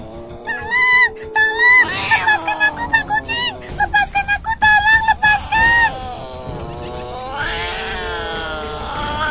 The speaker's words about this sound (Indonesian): Dan tiba-tiba, kedua tangan kucing segera menyambar tubuh tikus. Tikus menjerit-jerit minta tolong.